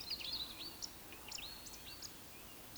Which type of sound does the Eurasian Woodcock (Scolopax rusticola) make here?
whistle